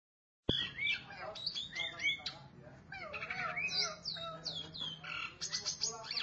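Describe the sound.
Starling song, a dense jumble of squawks, rasping notes, clicks and short whistles tumbling over one another without pause.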